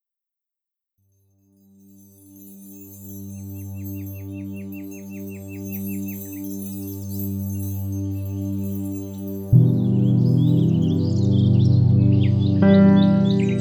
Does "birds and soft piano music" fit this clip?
yes